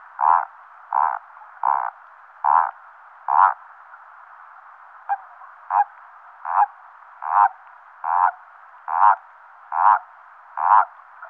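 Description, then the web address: Common toad croaking: short croaks repeated roughly once a second, about thirteen in a steady series with a brief pause midway; no other sounds. Recorded in a wetland area. "Sissonne. Crapaud commun"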